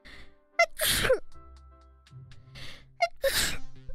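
Two sneezes from the speaker, about two and a half seconds apart. Each starts with a short, high, voiced catch of breath and ends in a loud, hissing burst of air. These are ordinary sneezes in a quiet room.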